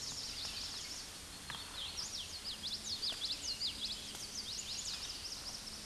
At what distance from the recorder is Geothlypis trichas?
about 15 m